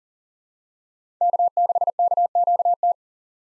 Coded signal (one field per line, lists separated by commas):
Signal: Morse code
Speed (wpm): 40 wpm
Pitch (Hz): 700 Hz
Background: none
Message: K6KQT